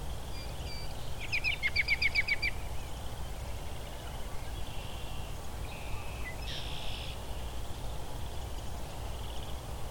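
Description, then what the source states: American robin giving a rapid, chattering laughing call of quick repeated notes for about a second, followed later by short buzzy notes, over steady low rumbling background noise. In a tree just ahead of the recordist, giving many calls including its laughing call rather than singing.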